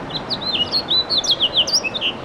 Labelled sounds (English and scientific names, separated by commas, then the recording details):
House Finch (Haemorhous mexicanus) song
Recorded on Long Island, New York, on 2 June 2012
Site CP
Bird B